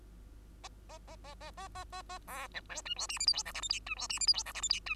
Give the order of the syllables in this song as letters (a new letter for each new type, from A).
A A A A A A A A A B C D E F G H I J K L M N E F G H I J K L M N E